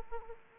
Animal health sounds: mosquito wingbeat signal from an infrared sensor; Aedes aegypti

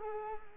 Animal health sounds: mosquito wingbeat signal from an infrared sensor; Culex quinquefasciatus

